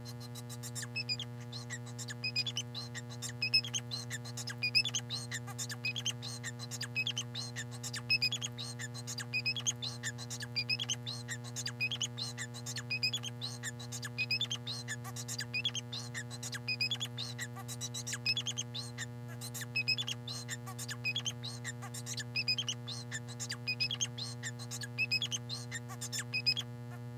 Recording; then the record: song of a male Bengalese finch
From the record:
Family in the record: son of father 4